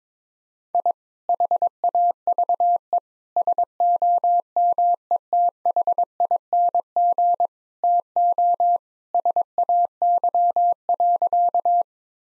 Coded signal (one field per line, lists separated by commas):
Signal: Morse code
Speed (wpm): 22 wpm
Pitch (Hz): 700 Hz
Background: none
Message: I HAVE SOMETHING TO SAY.